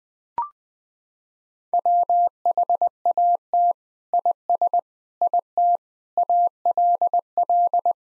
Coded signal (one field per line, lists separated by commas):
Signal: Morse code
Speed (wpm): 20 wpm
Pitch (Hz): 700 Hz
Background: none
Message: WHAT IS IT ALL